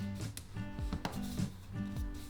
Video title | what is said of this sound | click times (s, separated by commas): How To Install Duraclic XRP Vinyl Plank Flooring | may have heard that click into place I'll talk about that later | 1.0 s